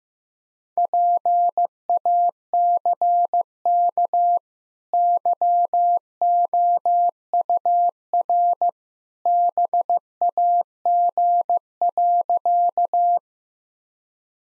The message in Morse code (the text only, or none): PACK YOUR BAG.